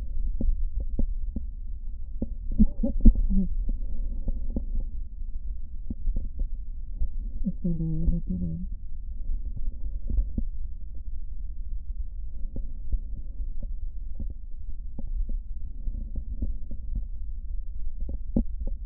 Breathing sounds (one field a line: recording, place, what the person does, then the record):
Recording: lung sounds by stethoscope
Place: left posterior basal chest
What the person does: quiet breathing, then cough and speech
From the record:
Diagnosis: asthma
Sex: female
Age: 72 years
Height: 160 cm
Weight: 63.4 kg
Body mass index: 24.8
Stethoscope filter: diaphragm mode